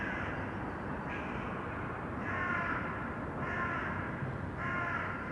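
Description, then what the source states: Crow caws, five harsh calls about a second apart over low rumbling urban noise. Urban crows; recording processed, detuned.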